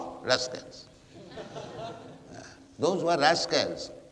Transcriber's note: laughter